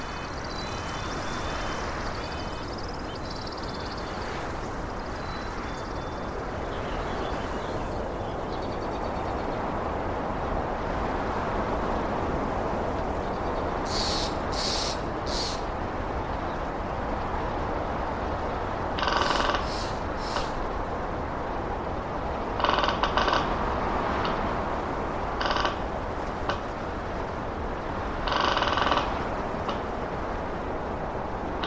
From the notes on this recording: From tropical forests to deserts to wetlands